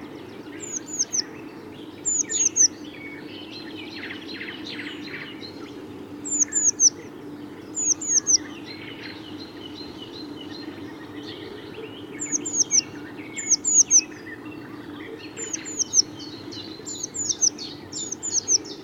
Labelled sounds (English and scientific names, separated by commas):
Eurasian Blue Tit (Cyanistes caeruleus) song